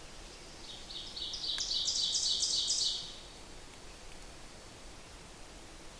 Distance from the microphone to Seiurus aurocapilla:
about 20 m